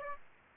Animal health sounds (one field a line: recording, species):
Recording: mosquito wingbeat signal from an infrared sensor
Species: Aedes aegypti